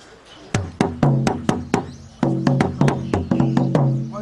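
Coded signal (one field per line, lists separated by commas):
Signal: talking drum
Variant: Asante atumpan drum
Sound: about fourteen resonant low drum strokes in speech-like rhythm, two pitches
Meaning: Asante saying: when you kill a thousand, a thousand will come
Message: when you kill a thousand a thousand will come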